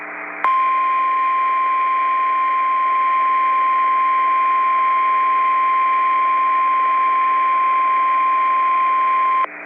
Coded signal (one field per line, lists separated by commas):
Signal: Emergency Alert System (SAME) tones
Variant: 1050 Hz attention tone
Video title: Severe Thunderstorm Warning BIS,ND EAS#61